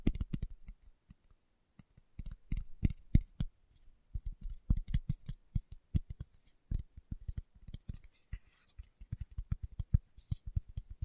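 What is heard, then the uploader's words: Fingertips tap irregularly and quickly on a surface, soft low thuds with sharp clicky edges. ASMR Tapping with Fingertips (No Talking).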